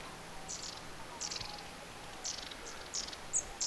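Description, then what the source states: Long-tailed tit giving brief buzzy double notes several times, with a sharp high thin note near the end, against a quiet steady background hiss. Recorded 14 October 2024; several long-tailed tits.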